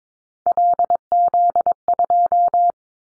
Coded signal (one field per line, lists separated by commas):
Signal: Morse code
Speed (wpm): 22 wpm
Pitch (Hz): 700 Hz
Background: none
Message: LZ2